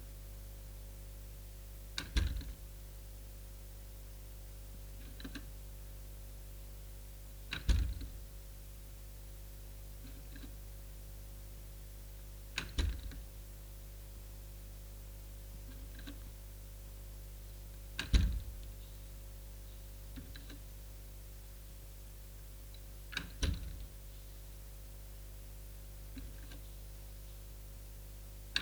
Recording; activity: daily activity, guitar pickup as the sensor; manipulate door